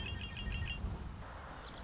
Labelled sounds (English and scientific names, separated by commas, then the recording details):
Red-winged Blackbird (Agelaius phoeniceus)
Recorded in Sonoma County, California